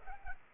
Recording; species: mosquito wingbeat signal from an infrared sensor; Culex pipiens